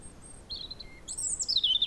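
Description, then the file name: European robin song phrase: a few thin high whistles, then a shimmering burst of notes sliding steeply downward at the end. "Erithacus rubecula"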